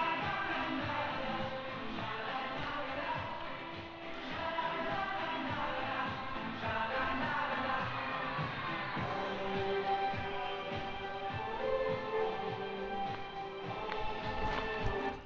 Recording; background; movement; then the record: deep breathing; music; walking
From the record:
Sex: female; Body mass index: 25.5 kg/m2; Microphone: on the chest, facing outward